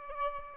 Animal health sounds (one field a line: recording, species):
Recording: mosquito wingbeat signal from an infrared sensor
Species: Aedes albopictus